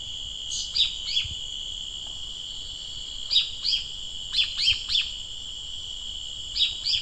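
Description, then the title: Bird song of short sharp downward-sweeping chirps in small bursts, heard over a constant high whine and faint low rumbling. "LuckyPassaro Completos2Sama"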